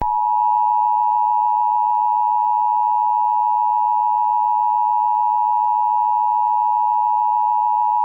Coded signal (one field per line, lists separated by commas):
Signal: Emergency Alert System (SAME) tones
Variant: 853 and 960 Hz attention tone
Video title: EAS Scenario #17 - Illinois Nuclear Disaster